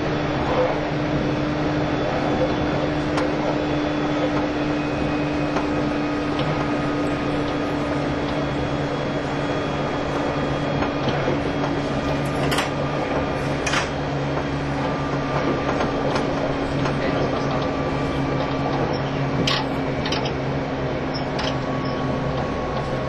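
A train runs steadily, its low droning hum holding level throughout with a couple of deep tonal bands. Over it, a dense mechanical rattle and clatter continues, with brief sharper clicks and knocks around 12, 14 and 19 seconds.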